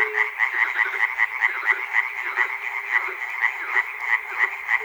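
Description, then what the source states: Many frogs croaking together, a fast buzzy pulsing chorus with rising and falling loudness, a short low tone at the opening. Frogs recorded at Chernobyl.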